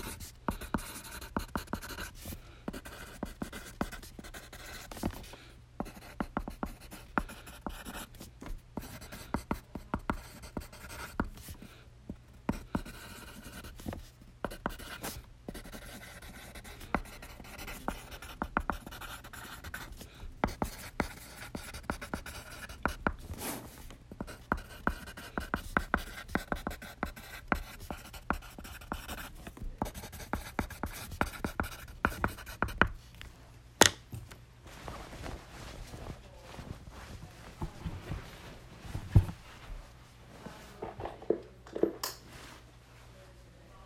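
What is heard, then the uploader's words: A pencil scratches across paper, with a steady stream of dense, irregular strokes and short taps throughout. A low hum sits underneath, and the strokes grow lighter and sparser in the last ten seconds. ASMR Pencil. No talking.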